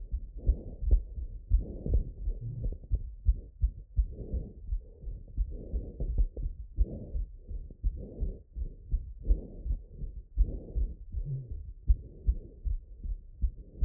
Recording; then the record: heart sounds by stethoscope after running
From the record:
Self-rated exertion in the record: vigorous exertion (4 of 6); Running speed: 9 mph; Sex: male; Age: 19 years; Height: 183 cm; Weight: 68 kg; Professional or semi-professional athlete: no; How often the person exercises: 1 to 2 times a week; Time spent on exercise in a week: 2 to 3 hours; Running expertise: yes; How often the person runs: under once a week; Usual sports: volleyball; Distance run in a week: 6 km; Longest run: 10 km